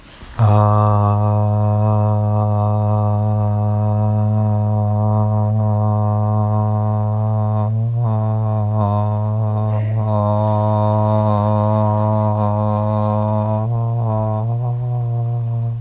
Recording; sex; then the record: sustained vowel /a/; male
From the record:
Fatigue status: no fatigue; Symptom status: asymptomatic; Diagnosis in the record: COVID-19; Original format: m4a